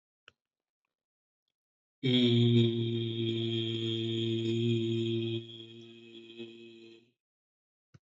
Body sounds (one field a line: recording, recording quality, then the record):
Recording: sustained vowel as in beet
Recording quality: excellent, no background noise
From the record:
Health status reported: healthy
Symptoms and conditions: none ticked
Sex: male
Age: 53 years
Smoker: not ticked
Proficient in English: yes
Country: India